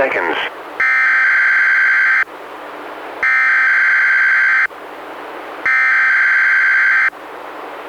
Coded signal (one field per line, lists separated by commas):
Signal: Emergency Alert System (SAME) tones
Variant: header bursts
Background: speech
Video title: EAS #123-127: 5 NWR Required Weekly Tests- Aug. 17-Sep. 14, 2016